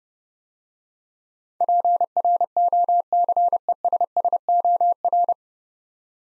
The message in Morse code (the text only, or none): PROCESSOR